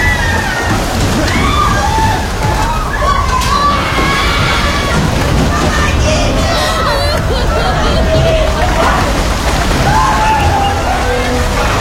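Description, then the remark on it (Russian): Loud, steady water sloshing and splashing under a confused babble of agitated voices, with scattered raised cries rising over the churning water for the whole stretch, as panicked people jump from flooded train cars and wade knee-deep in water along a narrow passage by a tunnel wall. “Люди в панике выпрыгивают из вагонов. Идут по колено в воде по узкому проходу вдоль стены тоннеля.”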